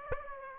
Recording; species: mosquito wingbeat signal from an infrared sensor; Aedes aegypti